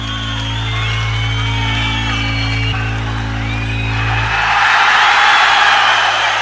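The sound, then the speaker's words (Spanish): A concert crowd at a recorded live concert shouts and whoops over a steady low hum, many voices overlapping in rising calls, then swells into a loud, dense wave of cheering toward the end. “Esos gritos del público que animan cualquier concierto allá donde se precie.”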